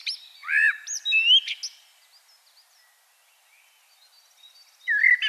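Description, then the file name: Common blackbird: fluted warble with high squeaks, a long gap with faint twittering in the background, then another phrase beginning. "Turdus merula"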